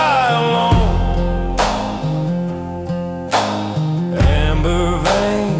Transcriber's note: whispered under the riff